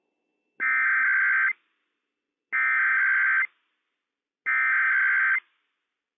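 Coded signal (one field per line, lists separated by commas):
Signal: Emergency Alert System (SAME) tones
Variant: header bursts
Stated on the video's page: Real Required Weekly Test from Washington State EOC, broadcast by NOAA Weather Radio station, statewide.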